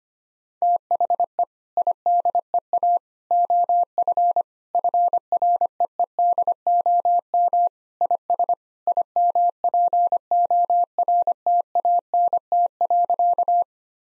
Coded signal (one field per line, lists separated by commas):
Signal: Morse code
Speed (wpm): 25 wpm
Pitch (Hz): 700 Hz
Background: none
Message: THE IDEA OF FREEDOM IS IMPORTANT.